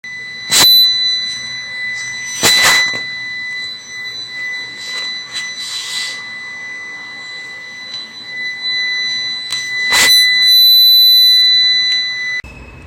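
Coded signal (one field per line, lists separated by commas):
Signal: alarm pattern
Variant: UPS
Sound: continuous high-pitched electronic whine for about 12 seconds, with three thumps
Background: handling noise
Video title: UPS Beep Sound Problem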